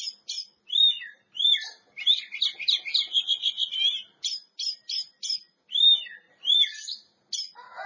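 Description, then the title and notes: Oriental magpie-robin song, crisp clipped notes and arched whistles in quick separated phrases, with a rapid chattering trill in the middle. Champion bird. "Kicau Burung Kacer Juara. Suara Kicauan Burung Kacer Juara"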